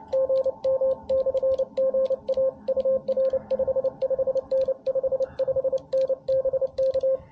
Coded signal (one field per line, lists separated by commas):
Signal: Morse code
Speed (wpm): 29 wpm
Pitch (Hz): 530 Hz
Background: radio noise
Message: GM/GA UR 55N 55N BK